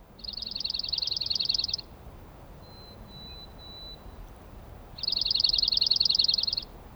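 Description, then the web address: Dark-eyed junco singing two fast, level trills of repeated high chips, each about one and a half seconds long, separated by a pause with a faint thin whistle. "soundandlightecologyteam. DEJU SP"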